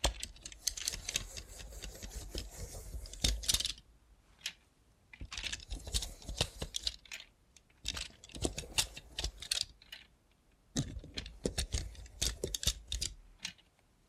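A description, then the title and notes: Rapid, sharp clicking and tapping from a robot hand, with no talking. The bright clicks come in dense, uneven bursts that sound like typing, broken by near-silent pauses around 4 and 10 seconds. A faint low hum runs underneath. Try ASMR with a Robot Hand (No Talking).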